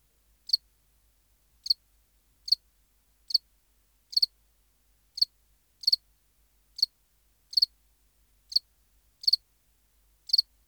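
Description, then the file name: House cricket emitting sharp, high chirps at a loose rhythm, some split into quick double pulses. "Acheta domesticus"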